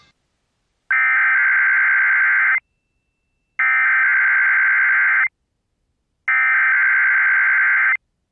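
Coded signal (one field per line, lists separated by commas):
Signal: Emergency Alert System (SAME) tones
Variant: header bursts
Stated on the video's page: Weekly EAS tests recorded off a station whose test prequel sound is the falling metal pipe meme effect.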